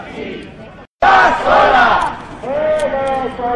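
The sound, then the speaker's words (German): A protest crowd of about 400 to 500 people chants slogans against the Yankees in Latin America on Plaza Urquinaona in central Barcelona in the early evening, in loud, rising waves of massed voices, broken by a brief silent gap before the chanting surges back with strong harmonic vocal tones. “Die Menschenmenge ist ein bisschen größer geworden. Mittlerweile sind wir etwa 400 bis 500 Leute.”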